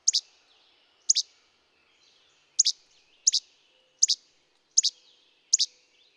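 Bird song of sharp, very high chirps, each a quick double note, repeated at irregular intervals of about 0.7 to 1.5 seconds against an otherwise quiet background.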